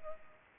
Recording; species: mosquito wingbeat signal from an infrared sensor; Culex pipiens